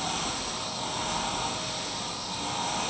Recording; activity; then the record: daily activity, microphone in the room; vacuum cleaning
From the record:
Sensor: 1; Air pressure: 999.3 hPa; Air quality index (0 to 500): 206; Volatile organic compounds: 48 ppm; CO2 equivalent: 3262 ppm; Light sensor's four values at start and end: 9/21/8/9 and 9/22/8/9